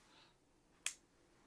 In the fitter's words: and decently positive snap into place.